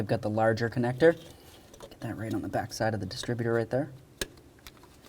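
On a 1988–2000 Chevy C/K1500, the larger plastic wiring harness connector is being handled and pushed toward the back of the distributor while someone talks, followed by a few faint sharp ticks near the end. Nothing has seated or clicked in yet.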